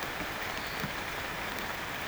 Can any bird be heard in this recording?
no